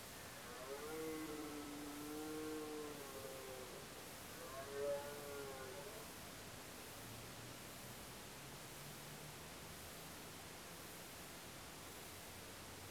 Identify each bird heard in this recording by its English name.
none